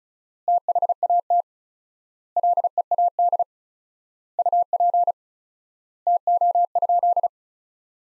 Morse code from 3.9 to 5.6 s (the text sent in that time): UP